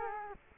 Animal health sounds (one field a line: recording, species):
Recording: mosquito wingbeat signal from an infrared sensor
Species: Culex quinquefasciatus